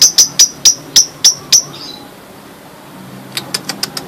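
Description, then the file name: Lovebird: a series of seven crisp, high chips, then a quiet gap and a softer run of rapid clicks. Champion bird of a national lovebird singing contest. "Suara Lovebird Juara Lomba Nasional Si Gempol"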